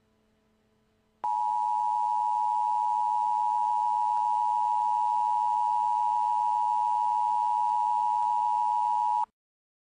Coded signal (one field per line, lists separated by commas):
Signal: Emergency Alert System (SAME) tones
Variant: 853 and 960 Hz attention tone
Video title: EAS Scenario #3 Halloween (REUPLOAD + CONTAINS JUMPSCARES)